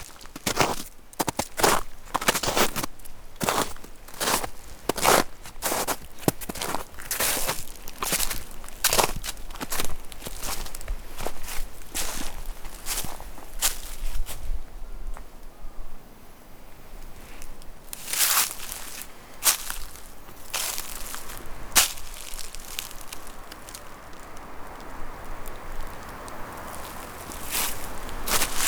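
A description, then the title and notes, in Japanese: A spring forest scene dominated by sharp crunching snaps, like footsteps on dry leaves and twigs, coming thick and fast for the first half. Around fifteen seconds they thin out into scattered cracks over a soft, steady outdoor hiss. 自然音ASMR 樹海村から謎の祠へ 春の森の環境音。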